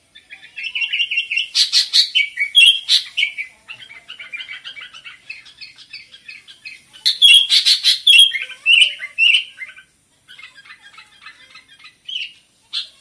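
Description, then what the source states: Sooty-headed bulbul song of rapid chattering phrases and slurred whistles, a loud opening run, a quieter middle stretch, then another strong burst of notes before a quieter close. Described with the Indonesian bird-keeping term gacor, meaning singing vigorously and continuously.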